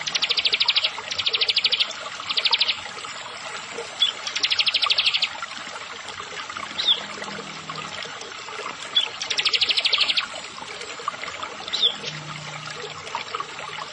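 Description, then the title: Prinia song: short bursts of fast, buzzy, high pulsed trills, separated by short chirps and pauses, over a steady background hiss. "Ciblek Sawah"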